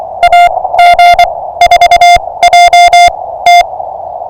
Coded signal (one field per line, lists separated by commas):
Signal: Morse code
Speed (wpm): 24 wpm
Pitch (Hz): 700 Hz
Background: music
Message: AG4JT